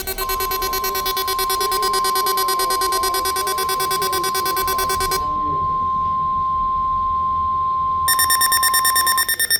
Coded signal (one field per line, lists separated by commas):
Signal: Emergency Alert System (SAME) tones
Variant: 1050 Hz attention tone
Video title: WWG59 BORKED - NOAA RWTs of 1/29/26 (New EAS 953-954)